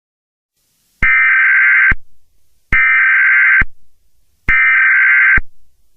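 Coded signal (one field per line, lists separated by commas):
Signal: Emergency Alert System (SAME) tones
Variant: header bursts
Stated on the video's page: Fictional EAS scenario using real EAS tones.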